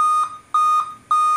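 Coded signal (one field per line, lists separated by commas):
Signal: beep code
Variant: Dell BIOS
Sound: loud, evenly spaced electronic beeps around 1.2 kHz, about three heard, cut off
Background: small room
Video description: dell inspiron m5030 wont boot, 7 beeps continuously no screen display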